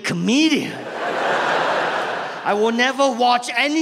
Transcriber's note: laughter